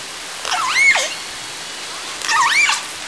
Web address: SRKW call-catalog Orca Calls Alwin Audiosamples call S 38